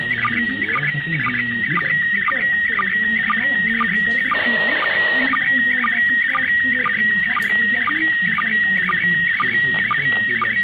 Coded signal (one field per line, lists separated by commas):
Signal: SSTV (slow-scan television)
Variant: PD 120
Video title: DECODE SLOW SCAN TELEVISION (SSTV) via ISS